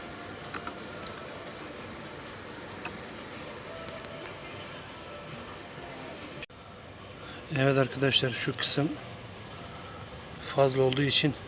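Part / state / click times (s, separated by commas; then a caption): LED turn-signal lamp into side mirror housing / not seated / none. A replacement LED turn-signal lamp is pressed into the side mirror housing of a Kia Rio, with a few faint taps early on over a steady background hiss. Later someone talks. The lamp has not seated or clicked into its slot, because an extra screw boss keeps it from sitting fully in place.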